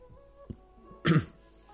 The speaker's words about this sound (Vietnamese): Bên trong Ngọc Giản truyền tới tiếng ho khan vội vàng của đội trưởng.